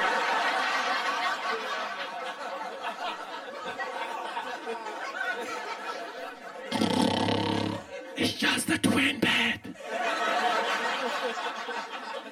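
Audience chatter and laughter, then two loud, low, buzzy vocal snorts of about one and one and a half seconds. An adult male comedian gives an exaggerated imitation of how he imagines his own snoring sounds, as a joke. Laughter continues afterward.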